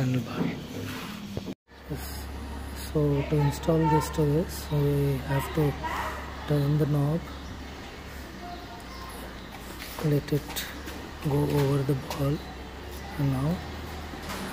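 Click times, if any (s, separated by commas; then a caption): none. Someone talks while turning the knob on a mobile charger/holder socket and lining it up over the ball mount on the handlebar of an RE Interceptor motorcycle. A steady low hum runs underneath, with repeated short tonal bursts and a brief silent gap near 1.6 s. The socket is only being positioned over the ball, and nothing has snapped on or clicked yet.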